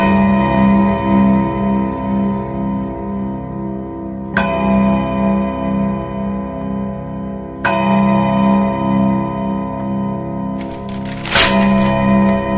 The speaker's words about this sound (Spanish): El reloj de chimenea inglés hace oír cuatro campanadas inglesas.